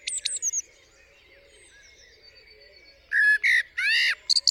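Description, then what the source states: Common blackbird singing: a brief high twittering opener, a quiet gap, then a loud burst of fluty warbled notes with a squeaky finish. Singing on a studio roof in the UK, 8 April 2020 around 7am, still morning during Covid-19 lockdown; recorded with a parabolic dish and mid-side microphone pair.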